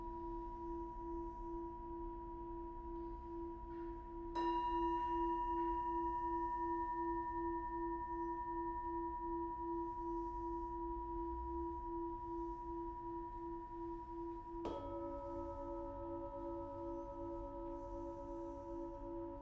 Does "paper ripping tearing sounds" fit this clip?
no